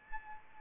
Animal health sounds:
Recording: mosquito wingbeat signal from an infrared sensor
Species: Anopheles arabiensis

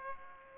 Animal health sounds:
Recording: mosquito wingbeat signal from an infrared sensor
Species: Aedes aegypti

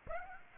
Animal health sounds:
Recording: mosquito wingbeat signal from an infrared sensor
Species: Aedes aegypti

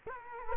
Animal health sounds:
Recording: mosquito wingbeat signal from an infrared sensor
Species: Culex quinquefasciatus

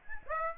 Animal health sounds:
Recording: mosquito wingbeat signal from an infrared sensor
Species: Aedes aegypti

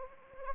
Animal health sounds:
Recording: mosquito wingbeat signal from an infrared sensor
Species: Anopheles arabiensis

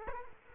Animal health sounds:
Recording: mosquito wingbeat signal from an infrared sensor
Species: Culex quinquefasciatus

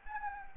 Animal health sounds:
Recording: mosquito wingbeat signal from an infrared sensor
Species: Anopheles gambiae

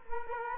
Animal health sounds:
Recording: mosquito wingbeat signal from an infrared sensor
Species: Culex quinquefasciatus

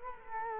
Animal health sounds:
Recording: mosquito wingbeat signal from an infrared sensor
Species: Culex quinquefasciatus

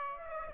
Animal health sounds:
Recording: mosquito wingbeat signal from an infrared sensor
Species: Aedes aegypti

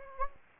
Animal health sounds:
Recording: mosquito wingbeat signal from an infrared sensor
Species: Anopheles gambiae

